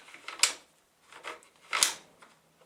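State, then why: Seated. A 2014 Barnett Predator crossbow, with its butt stock braced against the chest and the safety forward, is cocked with a rope cocking device by pulling both handles evenly. A sharp false click at about 0.4 s comes before the string has caught, followed by scraping pull noise. The bowstring then latches into the trigger mechanism with a crisp click at 1.8 s.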